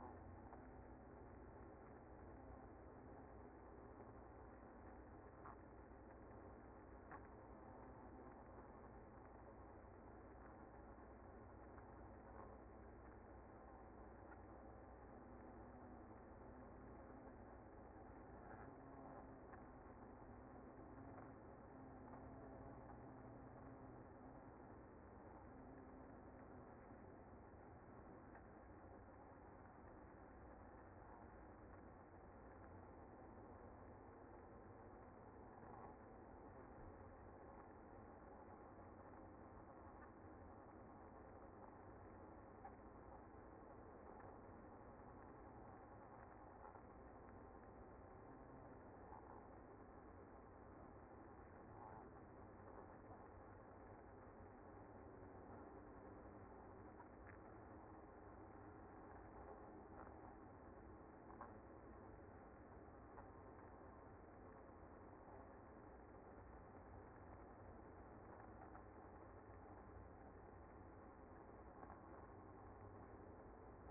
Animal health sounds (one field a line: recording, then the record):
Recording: honeybee colony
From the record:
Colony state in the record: active